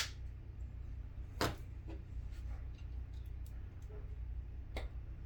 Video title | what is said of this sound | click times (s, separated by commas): Masters of the Universe Origins Leech unboxing! | pops into place just now you know that's actually a cool head there too | 4.8 s